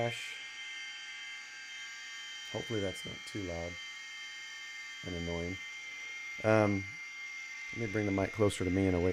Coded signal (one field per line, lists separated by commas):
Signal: dial-up modem handshake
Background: speech